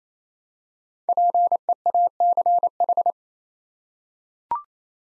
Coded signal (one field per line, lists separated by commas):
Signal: Morse code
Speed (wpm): 28 wpm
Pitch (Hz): 700 Hz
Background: none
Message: PEACH